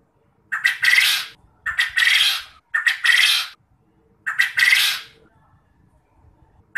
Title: Burung Puyuh Mana Yang Tidak Nyaut Dan Gacor Dengan Pancingan Ini